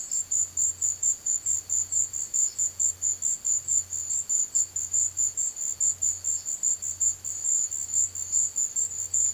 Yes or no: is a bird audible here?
no